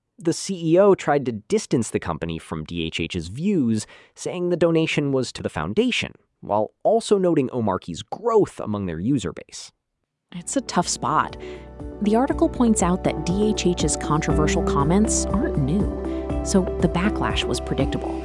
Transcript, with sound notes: The CEO tried to distance the company from DHH’s views, saying the donation was to the foundation, while also noting Omarchy’s growth among their user base.
[with emphasis] It’s a tough spot. The article points out that DHH’s controversial comments aren’t new. So the backlash was predictable.